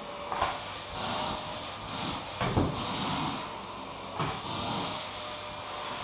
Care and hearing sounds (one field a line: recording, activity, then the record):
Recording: daily activity, microphone in the room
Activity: vacuum cleaning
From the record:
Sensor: 1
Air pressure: 1009.6 hPa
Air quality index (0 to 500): 194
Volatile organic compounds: 19 ppm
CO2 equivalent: 2653 ppm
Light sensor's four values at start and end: 31/79/33/39 and 29/70/30/37